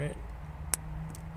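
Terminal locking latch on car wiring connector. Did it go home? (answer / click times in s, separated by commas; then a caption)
yes / 0.7 s. A white plastic terminal locking latch on a car wiring connector, part of an RS5 electronic retractable wing spoiler retrofit on a B8/B8.5 Audi A5/S5, is pressed fully home. There is a sharp click at 0.7 s as it locks, against a low steady hum and someone talking. The latch is all the way in and locked.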